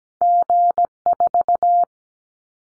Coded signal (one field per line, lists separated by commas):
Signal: Morse code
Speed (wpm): 17 wpm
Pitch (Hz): 700 Hz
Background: none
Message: G4